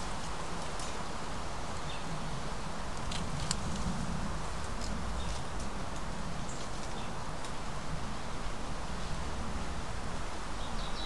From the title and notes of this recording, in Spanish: Escucha el sonido ambiental del Bosque de encino-pino.